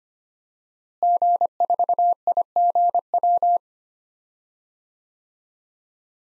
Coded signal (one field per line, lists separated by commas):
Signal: Morse code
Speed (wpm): 25 wpm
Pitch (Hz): 700 Hz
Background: none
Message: G4IGW